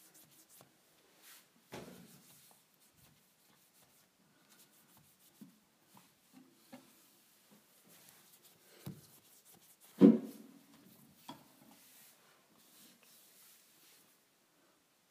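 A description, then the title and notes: Kitchen appliances being cleaned with quiet, irregular rubbing and scraping strokes, a few soft knocks, and one sharper thump around ten seconds. ASMR Cleaning Kitchen Appliances.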